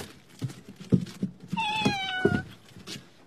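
kitten meowing

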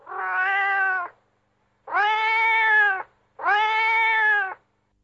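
cat meowing

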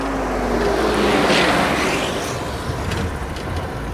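car driving

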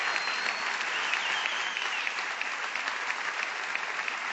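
audience applause

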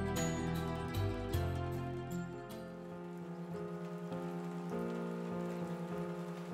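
rain falling

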